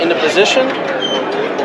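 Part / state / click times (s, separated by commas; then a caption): rollover protection bar into its mount on a lawn mower frame / not seated / none. The rollover protection bar on a DEWALT Ascent Series convertible ride-on mower is being rotated up into its mount on the lawn mower frame while someone talks over steady background noise. Nothing has seated or clicked yet.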